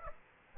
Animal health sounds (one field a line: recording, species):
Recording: mosquito wingbeat signal from an infrared sensor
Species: Aedes aegypti